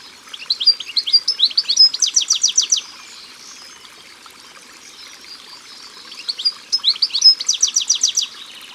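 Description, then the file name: European goldfinch singing two bursts of fast, liquid twittering with a rapid buzzy trill in each, separated by a few seconds of quiet. Recorded by the water. "Chardonneret elegant Au bord de leau"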